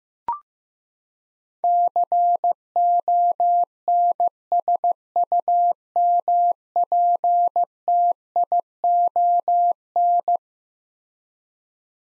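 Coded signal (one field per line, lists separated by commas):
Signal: Morse code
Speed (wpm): 15 wpm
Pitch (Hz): 700 Hz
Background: none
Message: CONSUMPTION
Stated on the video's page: Morse practice drill of eleven-letter words at 15 wpm for head-copy, each word sent twice.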